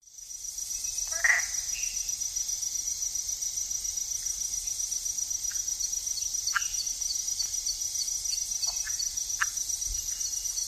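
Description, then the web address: Tiger-striped leaf frog gives a short squeaky trill early, then scattered sharp clicks, over a continuous high insect drone. Ecuadorian Amazon, South America. "Natures Songs S America Frogs of Ecuadorian Amazon Phyllomedusa tomopterna"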